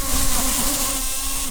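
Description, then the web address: Common carder bee buzz, a steady low hum held throughout with a faint higher tone above it and a hissy background. Queen bumblebees. "bumblebees Pascuorum-queens"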